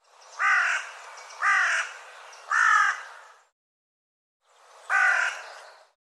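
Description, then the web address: Bird giving harsh, nasal caws, three in steady succession about a second apart, then a pause and one more caw, with no other sounds. "cianscape birddata Deverinetal 2025 File cleaned normalized Bird"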